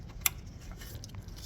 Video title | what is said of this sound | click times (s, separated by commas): Jeep Wrangler Vapor Charcoal Canister Replacement | put it back in, hear it click. | 0.3 s